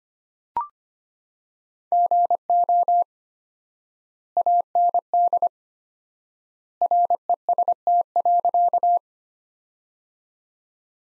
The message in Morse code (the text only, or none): GO AND REST.